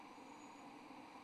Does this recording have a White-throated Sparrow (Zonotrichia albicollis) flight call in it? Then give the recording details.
no. No flight call is heard. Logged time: 02:29 on 25 November 2014